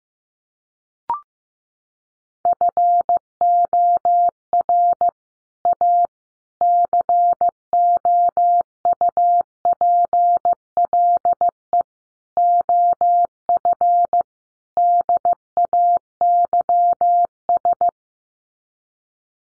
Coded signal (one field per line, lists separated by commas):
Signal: Morse code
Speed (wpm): 15 wpm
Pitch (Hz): 700 Hz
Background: none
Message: FOR A COUPLE OF DAYS